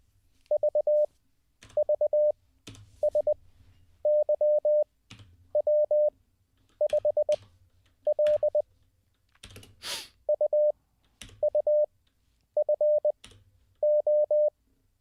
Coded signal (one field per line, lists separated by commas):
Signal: Morse code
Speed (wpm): 20 wpm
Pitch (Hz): 600 Hz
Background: none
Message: VVSYW5L UUFO